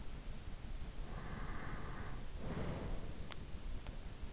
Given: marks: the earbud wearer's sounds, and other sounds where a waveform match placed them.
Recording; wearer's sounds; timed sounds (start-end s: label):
sounds in sleep by an in-ear microphone; breath
0.86-3.34 s: breath